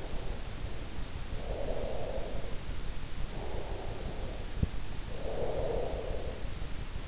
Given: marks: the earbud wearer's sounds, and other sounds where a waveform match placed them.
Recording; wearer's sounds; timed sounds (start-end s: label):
sounds in sleep by an in-ear microphone; breath
0.00-7.08 s: breath